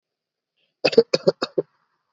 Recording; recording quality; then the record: heavy voluntary cough; excellent, no background noise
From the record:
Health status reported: COVID-19 positive, mild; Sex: male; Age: 30 years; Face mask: not worn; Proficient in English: yes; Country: India